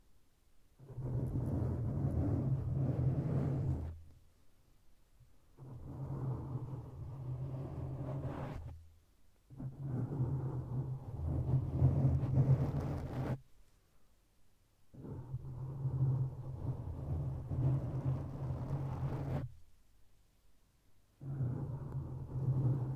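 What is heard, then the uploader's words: Scratching right on the microphone comes in five long passes of about three to five seconds each, separated by short silent gaps. Each pass is a dense, rumbling scrape, heaviest in the low end with a fine crackle above. ASMR Sleep Inducing Mic ScratchingBrain Massage.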